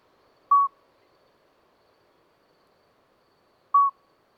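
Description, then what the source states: Common midwife toad giving two identical short piping notes a few seconds apart, clear and bell-like over quiet night air. Two small toads calling all night until dawn; Lesches-en-Diois, 13 May 2020, after two days of rain with dripping vegetation; discreet song; recorded with Nagra Seven and MKH40.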